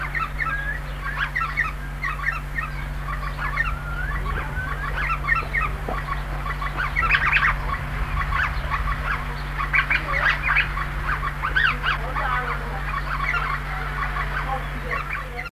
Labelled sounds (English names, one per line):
Pale-headed Rosella call